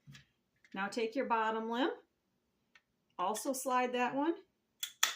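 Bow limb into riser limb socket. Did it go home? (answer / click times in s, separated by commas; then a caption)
yes / 4.8 s, 5.0 s. Someone talks while the bottom limb of a recurve bow is slid into the limb socket of the riser. Two sharp clicks follow at 4.8 s and 5.0 s, the second louder, as the limb seats in the socket.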